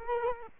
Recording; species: mosquito wingbeat signal from an infrared sensor; Culex quinquefasciatus